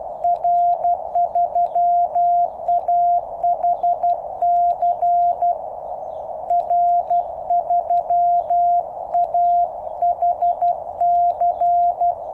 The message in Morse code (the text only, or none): R3AHC R3AHC